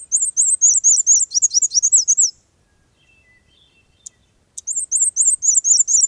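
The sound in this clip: Black-and-white warbler song: a long run of high, thin, squeaky two-part notes, a short pause with a sharp note, then the song starts again.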